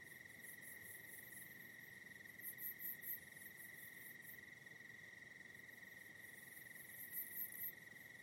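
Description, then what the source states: Steady ringing cricket trill, overlaid by intermittent runs of quick, very high insect pulses. Night in the Hollywood Hills.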